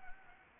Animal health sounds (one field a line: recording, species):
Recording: mosquito wingbeat signal from an infrared sensor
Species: Anopheles gambiae